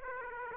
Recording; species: mosquito wingbeat signal from an infrared sensor; Aedes aegypti